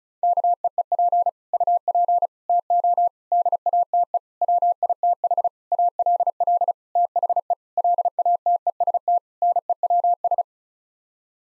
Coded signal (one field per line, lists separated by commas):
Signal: Morse code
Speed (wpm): 34 wpm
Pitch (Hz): 700 Hz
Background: none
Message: KEEP UP TO DATE WITH ALL THE LATEST NEWS